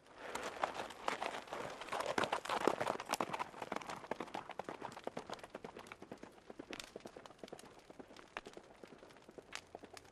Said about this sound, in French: Puis, ils entendirent le cheval repartir au galop.